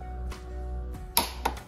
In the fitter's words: you'll be able to hear it when it clicks so